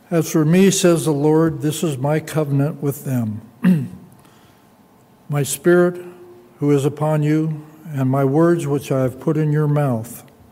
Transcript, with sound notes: As for me, says the Lord, this is my covenant with them. [clears throat] My spirit who is upon you, and my words which I have put in your mouth